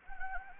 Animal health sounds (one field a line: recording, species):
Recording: mosquito wingbeat signal from an infrared sensor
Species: Anopheles gambiae